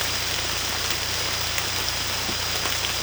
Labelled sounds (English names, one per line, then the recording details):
none
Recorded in secondary vegetation near Puerto Asís, Putumayo, Colombia, on 18 December 2024 at 23:30
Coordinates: 0.484, -76.319
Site GP06